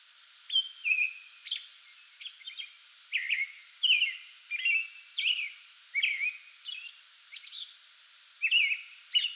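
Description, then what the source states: American robin carols in a series of warbled, downslurred whistles with higher squeaky notes between them, after a brief quiet start. Pre-dawn song bout recorded 8 May 2022.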